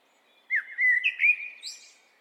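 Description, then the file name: Eurasian blackbird singing one smooth, flowing fluty phrase that ends in a thin, high squeaky flourish. "Turdus merula"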